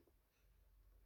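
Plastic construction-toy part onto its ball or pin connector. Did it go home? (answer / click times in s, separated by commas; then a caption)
no / none. A plastic Bionicle part is handled and pushed toward its ball or pin connector while building the Tarakava set, set 8549, giving only faint low rustling and handling noise. Nothing has seated or clicked yet.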